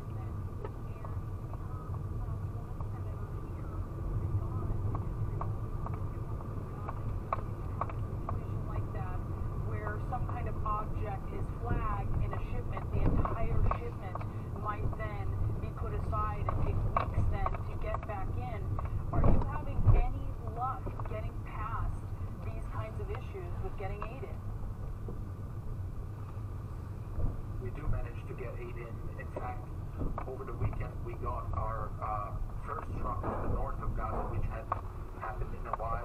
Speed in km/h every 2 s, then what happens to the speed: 15, 16, 18, 19, 23, 23, 19, 18, 16, 19, 15, 5, 13, 13, 15, 11, 8, 8.
0-10 speeds up to 23. 10-18 steady at about 19. 18-21 brakes to 5. 28-36 slows to 8.